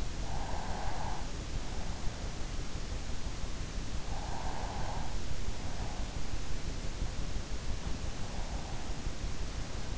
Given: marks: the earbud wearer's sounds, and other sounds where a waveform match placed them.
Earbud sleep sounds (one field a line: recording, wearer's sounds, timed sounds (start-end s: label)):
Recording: sounds in sleep by an in-ear microphone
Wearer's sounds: breath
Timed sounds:
0.00-1.76 s: breath
3.65-6.34 s: breath